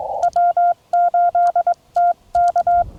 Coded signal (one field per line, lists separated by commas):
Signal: Morse code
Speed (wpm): 22 wpm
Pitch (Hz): 700 Hz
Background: none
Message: W8TK